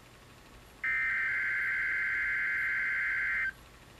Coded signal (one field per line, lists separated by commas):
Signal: Emergency Alert System (SAME) tones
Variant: header bursts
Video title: EAS #201- Midland 74-210 Custom Event FAIL (Featuring the 12-259)- Weekly Test 11/4/2020